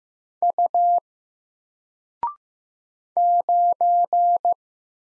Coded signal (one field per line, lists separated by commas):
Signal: Morse code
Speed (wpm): 15 wpm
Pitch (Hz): 700 Hz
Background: none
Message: U 9